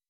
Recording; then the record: hydrophone in a shrimp aquaculture tank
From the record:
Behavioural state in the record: weakened